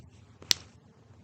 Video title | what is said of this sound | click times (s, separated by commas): How to Develop Color Film Photos at Home! - Demonstrating a roll of film being developed - Cs-41- | that's the clip that's your first click then you're gonna rotate clockwise | 0.5 s